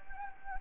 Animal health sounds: mosquito wingbeat signal from an infrared sensor; Anopheles gambiae

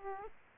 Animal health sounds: mosquito wingbeat signal from an infrared sensor; Aedes aegypti

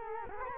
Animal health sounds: mosquito wingbeat signal from an infrared sensor; Culex quinquefasciatus

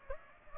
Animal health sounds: mosquito wingbeat signal from an infrared sensor; Aedes aegypti

